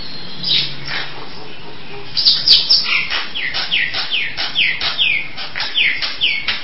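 Nias hill myna song: after a soft start, a run of loud, sharply descending whistled notes repeats rapidly.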